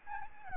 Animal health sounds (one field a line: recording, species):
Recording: mosquito wingbeat signal from an infrared sensor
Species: Aedes albopictus